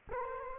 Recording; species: mosquito wingbeat signal from an infrared sensor; Culex quinquefasciatus